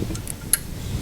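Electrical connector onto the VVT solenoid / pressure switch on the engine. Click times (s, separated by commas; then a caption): 0.5 s. On a 2006 Honda CR-V engine, after the VVT solenoid valve is tightened during a replacement for codes P2646 and P2647, a second plastic electrical connector is pushed back onto its terminal on the VVT solenoid/pressure switch. Two faint ticks come first, then a sharp, loud snap at 0.5 s as the connector seats.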